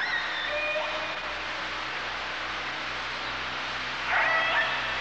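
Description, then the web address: Orca calls: a brief squealing call early on and another tonal cry near the end, over constant hiss and low noise. "kasatka"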